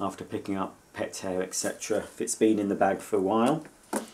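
Someone talks while handling the carbon exhaust filter of a Miele Complete C2 Cat & Dog vacuum cleaner, about to insert it into the vacuum body. A brief sharp sound comes near the end, but the clip stops just before the part goes home, so the filter has not clicked into place yet.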